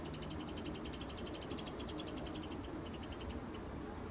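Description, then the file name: Eurasian wren calling with a rapid series of hard, high tick notes, breaking up toward the end, over low background noise. "Troglodytes troglodytes"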